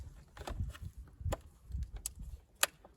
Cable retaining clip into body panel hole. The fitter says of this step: Okay, it's simply, you hear a click.